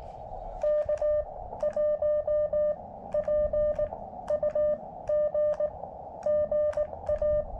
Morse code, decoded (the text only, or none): K1PUG GA